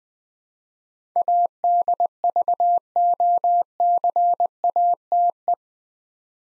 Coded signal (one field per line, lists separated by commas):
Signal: Morse code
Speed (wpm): 20 wpm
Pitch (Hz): 700 Hz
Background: none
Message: ADVOCATE